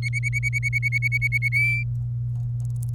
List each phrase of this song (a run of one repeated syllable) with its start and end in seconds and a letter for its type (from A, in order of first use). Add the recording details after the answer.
0.02-1.48 A, 1.52-1.83 B. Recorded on 27 April 2018 at 09:25. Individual llb3